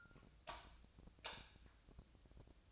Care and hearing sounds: daily activity, microphone in the room; light off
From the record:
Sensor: 2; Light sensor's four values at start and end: 30/78/33/36 and 26/66/28/31

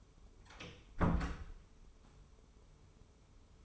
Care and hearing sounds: daily activity, microphone in the room; close door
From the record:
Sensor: 1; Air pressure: 1015.2 hPa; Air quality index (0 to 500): 174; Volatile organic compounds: 13 ppm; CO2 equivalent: 2429 ppm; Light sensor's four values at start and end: 14/33/14/15 and 14/33/14/15

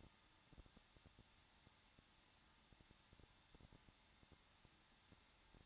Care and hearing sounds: daily activity, microphone in the room; no activity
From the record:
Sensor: 3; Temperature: 21.2 degrees Celsius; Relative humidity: 36.4%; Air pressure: 1006.4 hPa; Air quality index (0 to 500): 224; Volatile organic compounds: 44 ppm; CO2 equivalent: 3211 ppm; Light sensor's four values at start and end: 2/3/2/2 and 2/3/2/2

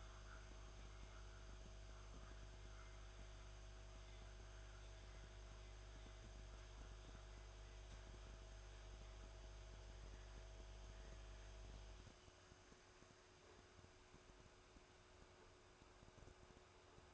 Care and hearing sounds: daily activity, microphone in the room; make coffee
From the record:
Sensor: 2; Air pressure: 1014.6 hPa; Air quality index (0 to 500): 189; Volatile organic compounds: 17 ppm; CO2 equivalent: 2595 ppm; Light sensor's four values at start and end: 4/10/3/4 and 4/10/3/4

